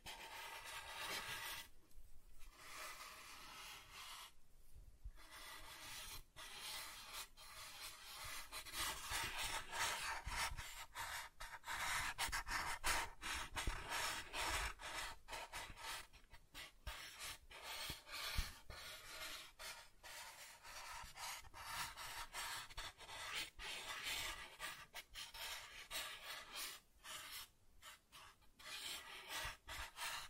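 Soft tracing strokes rub across a surface in a dense, continuous rasping hiss that stays mostly bright and airy. The texture shifts between smoother and grainier passages, with brief pauses near 2, 5, 16 and 27 seconds as the strokes stop and restart.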